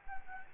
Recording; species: mosquito wingbeat signal from an infrared sensor; Anopheles gambiae